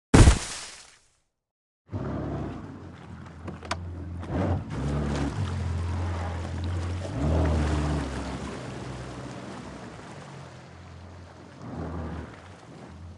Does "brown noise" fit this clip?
no